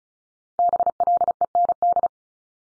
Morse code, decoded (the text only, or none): BLEND